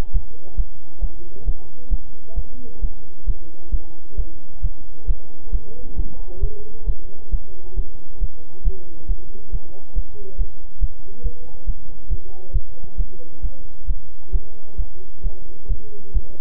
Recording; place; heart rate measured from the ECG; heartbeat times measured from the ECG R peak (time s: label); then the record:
heart sounds by stethoscope; between the tricuspid and mitral areas; 135 bpm
0.12 s: heartbeat
0.56 s: heartbeat
1.00 s: heartbeat
1.44 s: heartbeat
1.89 s: heartbeat
2.34 s: heartbeat
2.80 s: heartbeat
3.25 s: heartbeat
3.70 s: heartbeat
4.16 s: heartbeat
4.61 s: heartbeat
5.06 s: heartbeat
5.51 s: heartbeat
5.96 s: heartbeat
6.40 s: heartbeat
6.85 s: heartbeat
7.30 s: heartbeat
7.75 s: heartbeat
8.19 s: heartbeat
8.63 s: heartbeat
9.07 s: heartbeat
9.51 s: heartbeat
9.94 s: heartbeat
10.37 s: heartbeat
10.79 s: heartbeat
11.22 s: heartbeat
11.65 s: heartbeat
12.09 s: heartbeat
12.52 s: heartbeat
12.96 s: heartbeat
13.41 s: heartbeat
13.86 s: heartbeat
14.31 s: heartbeat
14.76 s: heartbeat
15.22 s: heartbeat
15.67 s: heartbeat
16.13 s: heartbeat
From the record:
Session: bicycle stress test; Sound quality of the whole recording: good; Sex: male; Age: 26 years